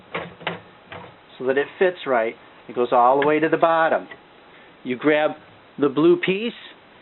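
A hard drive in its blue plastic carrier is handled and lowered into the drive bay of a Dell Optiplex 755 DT desktop PC while someone talks, with brief handling knocks near 0.2, 0.5 and 0.9 seconds. The carrier has not yet been pushed forward, and nothing has seated or clicked yet.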